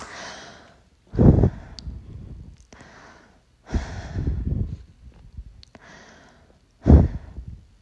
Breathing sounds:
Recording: deep breathing after running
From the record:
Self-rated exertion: light exertion (2 of 6)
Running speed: 5 miles an hour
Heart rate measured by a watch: 106 beats a minute at the start, 104 at the end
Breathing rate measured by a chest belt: 24 breaths a minute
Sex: female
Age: 18 years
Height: 167 cm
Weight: 50 kg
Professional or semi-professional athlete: no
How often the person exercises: 1 to 2 times a week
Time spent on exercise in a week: 1 to 2 hours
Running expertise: no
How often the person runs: 1 to 2 times a week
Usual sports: running, walking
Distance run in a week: 1 to 2 km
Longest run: 6 km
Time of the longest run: 34 minutes

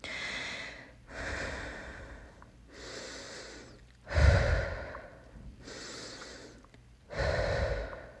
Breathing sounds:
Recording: deep breathing after running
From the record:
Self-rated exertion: moderate exertion (3 of 6)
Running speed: 5 miles an hour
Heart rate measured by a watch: 149 beats a minute at the start, 146 at the end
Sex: female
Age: 18 years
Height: 171 cm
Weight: 75 kg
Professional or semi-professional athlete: no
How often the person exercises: 1 to 2 times a week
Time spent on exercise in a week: under 1 hour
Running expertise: no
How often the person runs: 1 to 2 times a week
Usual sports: running, fencing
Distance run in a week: 3 km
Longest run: 21.3 km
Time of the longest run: 190 minutes

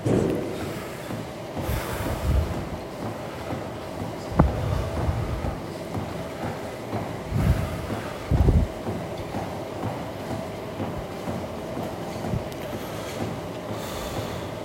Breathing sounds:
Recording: deep breathing after running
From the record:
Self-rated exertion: moderate exertion (3 of 6)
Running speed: 7 miles an hour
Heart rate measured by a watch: 137 beats a minute at the start, 132 at the end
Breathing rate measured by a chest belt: 23 breaths a minute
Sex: male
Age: 24 years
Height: 183 cm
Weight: 71 kg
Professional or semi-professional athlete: no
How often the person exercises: 1 to 2 times a week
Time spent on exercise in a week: under 1 hour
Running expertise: no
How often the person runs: under once a week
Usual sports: tennis

